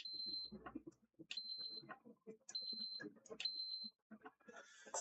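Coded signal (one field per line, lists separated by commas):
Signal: beep code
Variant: PlayStation console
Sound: high steady beeps, about three clear ones plus one cut off, under talking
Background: man talking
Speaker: Okay. Yeah, now I'm getting the three beeps again from the power button as well.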